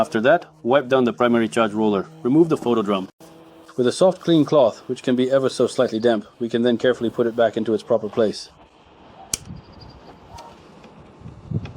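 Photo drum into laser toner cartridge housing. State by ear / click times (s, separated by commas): seated / 9.3 s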